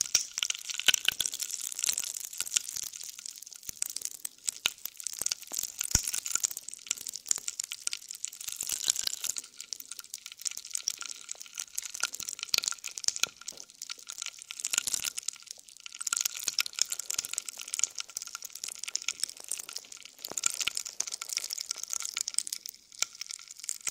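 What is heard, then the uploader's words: Jelly squishes and crackles in a dense, continuous stream of bright wet clicks and crunches, with a faint steady whine underneath throughout. ASMR Stress Relieving Jelly Sounds For Sleep.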